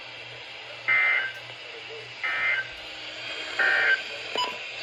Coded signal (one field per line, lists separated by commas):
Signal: Emergency Alert System (SAME) tones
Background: speech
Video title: GENERAL RISK TORNADOES | Alerts from 9/29/24 - 9/30/24 (EAS #1426 - 1445)